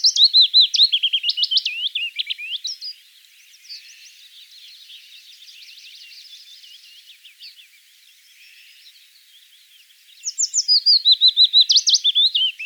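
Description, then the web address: Willow warbler song phrases, each a gentle run of whistled notes dropping in pitch and fading, heard at the start and again near the end, with quiet chirps in between. "vogelstimmen fitis gesang nabu lars lachmann"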